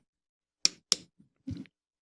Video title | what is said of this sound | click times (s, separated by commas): Virtualization Server Build: Xeon E3 - ESXi 6.7 - Part 1 | it snaps into place took a little more pressure than some | 0.7 s, 0.9 s